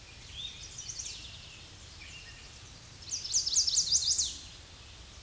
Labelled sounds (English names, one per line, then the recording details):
Chestnut-sided Warbler song
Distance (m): 5 m
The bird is about level with the microphone
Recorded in a Pennsylvania forest on 16 May 2024 at 06:53
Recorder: AudioMoth, point MSD-2376
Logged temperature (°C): 16.7 °C
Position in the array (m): 150 m, -1 m